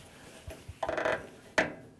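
A new water filter cartridge is turned into its housing under a retaining ring in a Murodck MC71 water cooler, with plastic threads that are fine and should not be over-tightened. Soft scraping and rubbing of the turning is heard, then a sharp click at 1.6 s as the cartridge seats into place.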